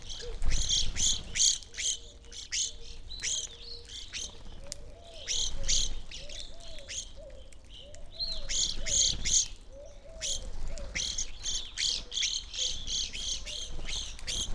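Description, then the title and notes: Evening grosbeak flock giving many rapid, irregular chirps, with a run of soft low notes through the middle. Flock feeding on sunflower seeds from a feeder hanging in a backyard birch tree, relatively warm winter morning, McCloud, Siskiyou County, California; two microphones placed either side of the trunk. "McCloud in Siskiyou County, California. It was a relatively warm winter morning, and a flock of Evening Grosbeaks was busily eating a breakfast of sunflower seeds from a feeder hanging from the branch of a birch tree in my backyard."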